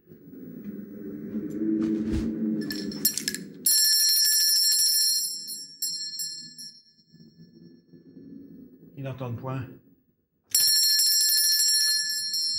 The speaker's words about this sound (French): Et ma sonnette ne fait pas assez de bruit.